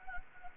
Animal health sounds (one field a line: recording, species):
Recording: mosquito wingbeat signal from an infrared sensor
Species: Anopheles gambiae